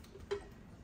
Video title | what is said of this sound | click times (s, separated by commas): Dual Linear Power Supply LPS Upgrade for Eversolo A8 - Installation Guide and Sound | so push it down until you hear a click okay tight | 0.3 s